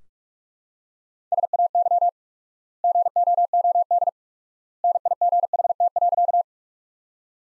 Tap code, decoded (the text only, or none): none